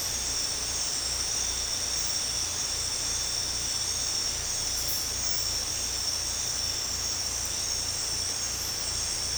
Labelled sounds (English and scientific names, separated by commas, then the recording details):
none
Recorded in dense forest near Puerto Asís, Putumayo, Colombia, on 18 December 2024 at 22:30
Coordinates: 0.484, -76.325
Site G056